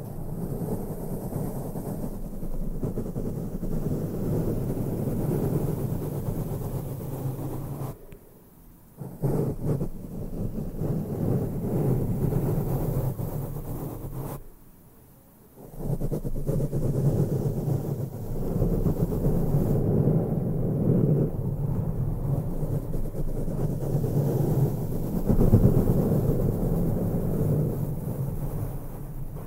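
Dense, rumbling mic brushing fills most of the clip, a low steady scrubbing that drops out briefly near 8 and 15 seconds.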